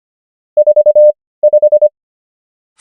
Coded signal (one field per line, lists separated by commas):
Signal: Morse code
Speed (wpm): 25 wpm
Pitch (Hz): 600 Hz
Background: none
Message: 45